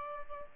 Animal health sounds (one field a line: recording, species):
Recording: mosquito wingbeat signal from an infrared sensor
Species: Aedes albopictus